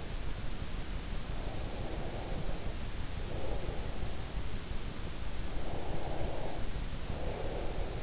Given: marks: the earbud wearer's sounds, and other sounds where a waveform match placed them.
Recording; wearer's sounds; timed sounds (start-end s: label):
sounds in sleep by an in-ear microphone; breath
1.58-4.09 s: breath
5.58-8.03 s: breath